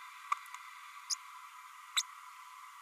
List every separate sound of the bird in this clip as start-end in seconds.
1.10-1.15, 1.96-2.02